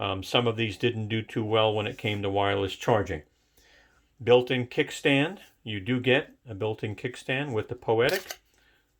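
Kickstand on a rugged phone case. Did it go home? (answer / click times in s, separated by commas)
no / none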